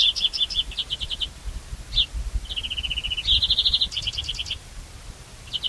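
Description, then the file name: European greenfinch: finch-like bird giving mixed rapid trills and chirped note series, some slightly lower and buzzy, with soft low background rumble. "Chloris chloris"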